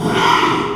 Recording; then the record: squeal of a Yucatan mini pig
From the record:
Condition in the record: after surgery on the right vocal fold (resection and tissue-engineered implant); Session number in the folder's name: 1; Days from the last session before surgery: 6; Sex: male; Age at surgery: 12 weeks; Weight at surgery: 13 kg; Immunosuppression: cyclosporine, prednisolone